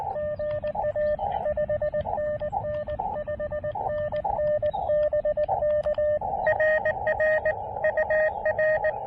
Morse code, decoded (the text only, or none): GA 5NN 5NN BK RR UR